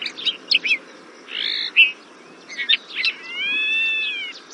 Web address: trumpeter finch call